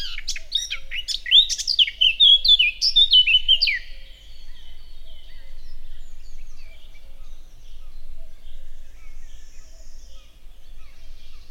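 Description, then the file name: Eurasian blackcap gives a lively burst of warbled and fluty whistled notes for about four seconds, then continues with faint, soft twittering. "Sylvia atricapilla"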